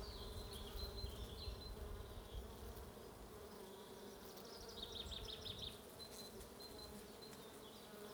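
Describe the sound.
Bees producing a constant buzzing drone, with scattered high bird chirps and a brief trilled burst of birdsong partway through.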